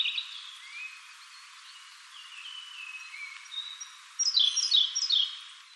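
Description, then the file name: Siberian blue robin singing, with soft, drawn-out, thin whistles that give way to a quick, bright, ringing trill in the final seconds. "koruri"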